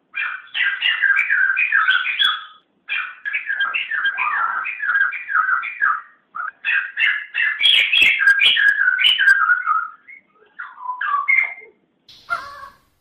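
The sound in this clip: Bird song made of long, rapid strings of whistled, warbling notes rising and falling, in several bursts with short pauses, ending in scattered phrases.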